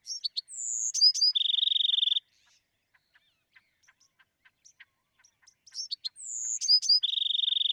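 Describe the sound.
Bewick's wren song: sharp high notes, a slurred descending whistle, then a fast steady trill, given twice about six seconds apart with faint ticking between.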